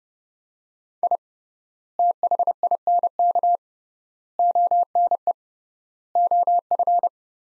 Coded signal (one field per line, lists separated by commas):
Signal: Morse code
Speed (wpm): 32 wpm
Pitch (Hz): 700 Hz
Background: none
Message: I THINK ONE OF